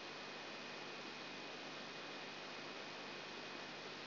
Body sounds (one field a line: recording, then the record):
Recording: brain microelectrode recording played as sound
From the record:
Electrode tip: outside the subthalamic nucleus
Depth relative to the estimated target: -4 mm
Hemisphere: left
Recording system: AlphaMap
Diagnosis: Parkinson's disease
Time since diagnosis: 12 years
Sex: female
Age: 47 years